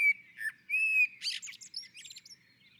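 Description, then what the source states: Common blackbird singing a mellow whistled note and a drawn-out fluty note, then a scratchy high-pitched twittering flourish. On a roof.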